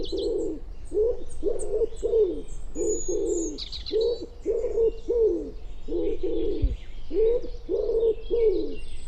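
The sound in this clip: Bird giving steady low coos in a rhythmic series, while other small birds chirp faintly in the background and a brief thump is heard.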